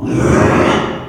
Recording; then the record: squeal of a Yucatan mini pig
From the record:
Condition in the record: after surgery on the right vocal fold (resection and tissue-engineered implant); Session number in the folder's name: 3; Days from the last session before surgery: 33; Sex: male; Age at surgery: 12 weeks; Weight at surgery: 13 kg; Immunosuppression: cyclosporine, prednisolone